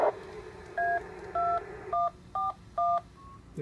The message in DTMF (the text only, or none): A2141